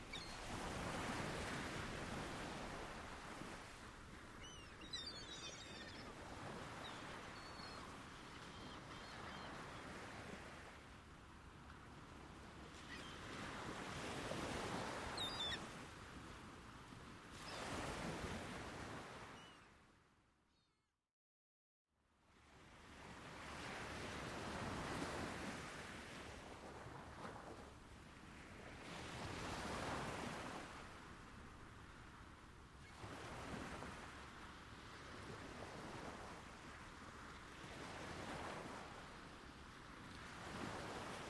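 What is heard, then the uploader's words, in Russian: A night swim: dense rushing water fills the clip, surging in waves every few seconds with a low wind rumble beneath. Around the twenty-second mark the sound fades out to a brief silence, then swells back to the same steady, splashing wash. Ночное купание. Тёплый морской воздух, прозрачная и спокойная вода и чистое ночное небо.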